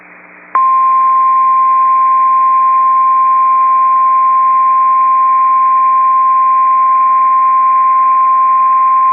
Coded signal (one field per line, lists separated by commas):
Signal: Emergency Alert System (SAME) tones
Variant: 1050 Hz attention tone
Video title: Severe Thunderstorm Warning (Sioux County, ND) (8/28/24) [EAS #21]